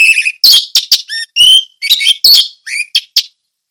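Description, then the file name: Orange-headed thrush pouring out a quick jumble of loud, varied chirps, whistles and buzzy notes in rapid succession, then falling silent. Song in the style called 'ngeplong teler'; Indonesian name anis merah. "suara anis merah ngeplong teler"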